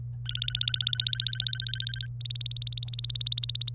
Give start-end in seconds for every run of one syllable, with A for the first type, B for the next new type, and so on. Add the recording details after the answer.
0.26-2.06 A, 2.21-3.71 B. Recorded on 27 April 2018 at 13:34. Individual llb3